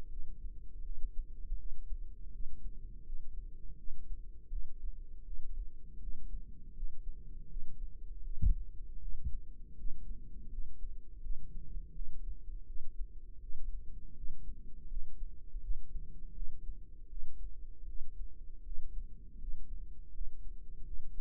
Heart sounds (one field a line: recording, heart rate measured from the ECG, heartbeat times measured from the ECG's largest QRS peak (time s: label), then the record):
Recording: heart sounds by microphone in the right ear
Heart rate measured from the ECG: 81 bpm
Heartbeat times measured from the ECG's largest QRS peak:
0.07 s: heartbeat
0.82 s: heartbeat
1.55 s: heartbeat
2.30 s: heartbeat
3.03 s: heartbeat
3.75 s: heartbeat
4.48 s: heartbeat
5.23 s: heartbeat
5.98 s: heartbeat
6.73 s: heartbeat
7.47 s: heartbeat
8.22 s: heartbeat
8.98 s: heartbeat
9.75 s: heartbeat
10.48 s: heartbeat
11.20 s: heartbeat
11.92 s: heartbeat
12.64 s: heartbeat
13.38 s: heartbeat
14.13 s: heartbeat
14.87 s: heartbeat
15.60 s: heartbeat
16.32 s: heartbeat
17.07 s: heartbeat
17.85 s: heartbeat
18.62 s: heartbeat
19.38 s: heartbeat
20.11 s: heartbeat
20.83 s: heartbeat
From the record:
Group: healthy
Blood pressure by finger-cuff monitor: 114/67 mmHg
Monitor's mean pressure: 83 mmHg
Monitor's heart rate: 80 bpm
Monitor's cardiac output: 8 L/min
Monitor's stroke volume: 99 mL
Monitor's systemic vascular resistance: 760 dyn s/cm5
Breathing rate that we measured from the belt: 14 breaths a minute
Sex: male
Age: 33 years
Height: 179 cm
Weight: 80.4 kg